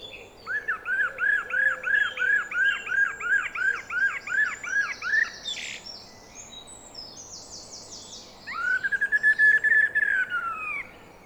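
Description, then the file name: Common blackbird repeating a looping note about three times a second for five seconds, with high scratchy twitters, then a second rapid run. "Turdus merula"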